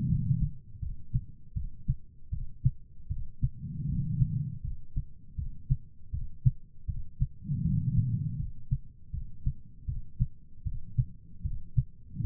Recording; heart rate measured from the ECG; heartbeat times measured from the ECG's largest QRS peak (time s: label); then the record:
heart sounds by stethoscope; 79 bpm
0.07 s: heartbeat
0.80 s: heartbeat
1.54 s: heartbeat
2.30 s: heartbeat
3.08 s: heartbeat
3.87 s: heartbeat
4.62 s: heartbeat
5.36 s: heartbeat
6.11 s: heartbeat
6.86 s: heartbeat
7.63 s: heartbeat
8.37 s: heartbeat
9.11 s: heartbeat
9.86 s: heartbeat
10.64 s: heartbeat
11.43 s: heartbeat
12.22 s: heartbeat
From the record:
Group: healthy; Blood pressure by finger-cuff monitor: 121/86 mmHg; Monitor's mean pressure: 101 mmHg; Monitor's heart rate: 79 bpm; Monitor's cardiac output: 4.8 L/min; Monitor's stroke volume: 59 mL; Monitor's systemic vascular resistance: 1570 dyn s/cm5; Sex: female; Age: 51 years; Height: 162 cm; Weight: 70.04 kg